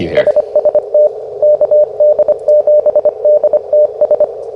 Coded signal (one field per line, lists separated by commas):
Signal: Morse code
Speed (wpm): 24 wpm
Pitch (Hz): 600 Hz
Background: speech, radio noise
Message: SST KD7DTS